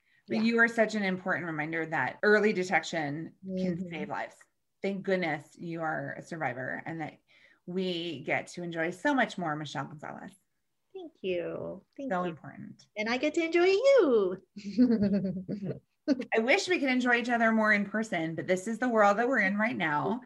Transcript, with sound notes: But you are such an important reminder of that—early detection can save lives— thank goodness you are a survivor and that we get to enjoy so much more Michelle Gonzales.
Thank you. Thank you.
So important.
And I get to enjoy you! [laugh]
I wish we could enjoy each other more in person but this is the world that we are in right now.